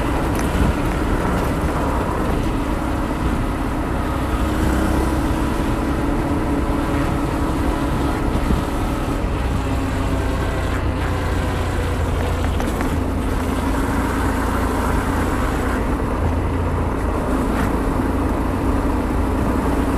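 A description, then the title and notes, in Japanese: A motorbike rides on without pause, its engine a steady low drone with a constant hum beneath and a slight rise and fall in pitch. Wind and road noise fill the upper range, with a few brief clicks and rattles scattered throughout. 無言でバイクを走らせました。周りの車の音なども入っています。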